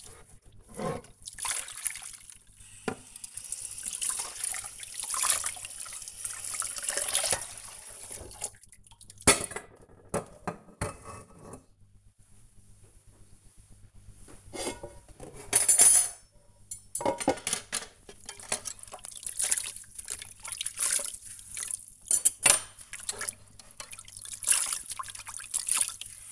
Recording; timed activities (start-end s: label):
household activities, microphone on the right wrist
0.00-26.32 s: washing dishes